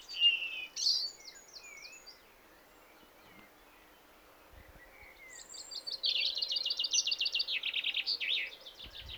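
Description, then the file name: Common chaffinch song near the end: a descending rattle of rapid repeated notes with a closing flourish, preceded by scattered high chirps and whistles. "Fringilla coelebs"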